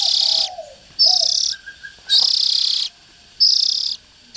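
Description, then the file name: Oriental magpie-robin producing drawn-out scratchy rasps repeated about once per second, with faint lower whistled notes between them. Young Oriental magpie-robins (chích chòe than non). "Tieng chim chich choe than non"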